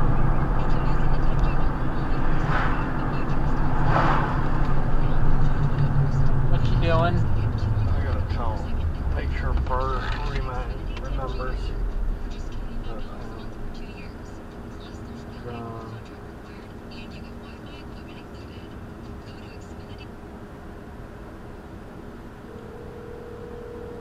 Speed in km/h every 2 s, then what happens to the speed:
55, 53, 48, 34, 19, 11, 0, 0, 0, 0, 0, 0.
0-12 brakes to 0. 12-24 standing.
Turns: none.